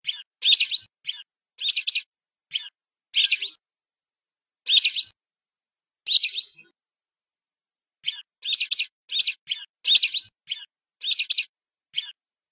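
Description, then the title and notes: Whistling duck calls: short, shrill whistles in quick bursts, then a quiet gap before a closing flurry. "Kicau Burung Belibis"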